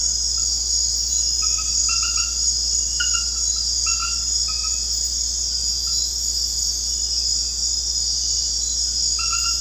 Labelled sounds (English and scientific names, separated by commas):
none